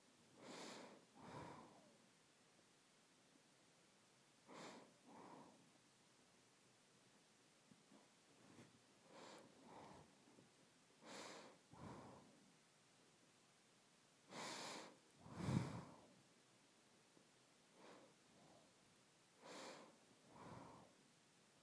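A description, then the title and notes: Nose breathing in slow, regular pairs of inhale and exhale, each a soft airy rush lasting under a second, repeating about every three seconds. A louder, sharper snort-like breath stands out around fifteen seconds. Between breaths it is nearly silent. ASMR Nose Breathing.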